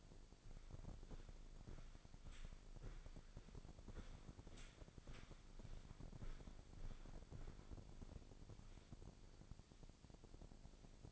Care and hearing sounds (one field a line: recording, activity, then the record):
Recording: daily activity, microphone in the room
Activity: walk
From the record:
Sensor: 5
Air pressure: 1009.4 hPa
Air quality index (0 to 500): 145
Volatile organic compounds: 2 ppm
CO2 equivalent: 1124 ppm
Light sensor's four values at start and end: 331/786/338/378 and 329/782/337/376